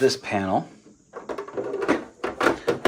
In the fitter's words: And it requires a little, hear that click? There you go. That means it's in.